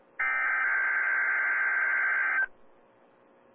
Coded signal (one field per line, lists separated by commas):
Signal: Emergency Alert System (SAME) tones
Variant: header bursts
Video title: DMX WEEKLY TEST EAS 784